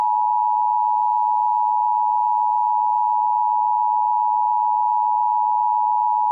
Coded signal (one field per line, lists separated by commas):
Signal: Emergency Alert System (SAME) tones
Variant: 853 and 960 Hz attention tone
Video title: An EAS Scenario #5 Kaden and Brombus